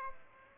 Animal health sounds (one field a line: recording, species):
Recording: mosquito wingbeat signal from an infrared sensor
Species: Aedes albopictus